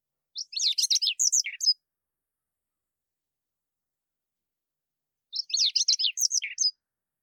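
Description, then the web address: Chestnut-eared Bunting song: a brief, high, scratchy twittering phrase of quick chirps, given twice about five seconds apart with silence between. "hooaka"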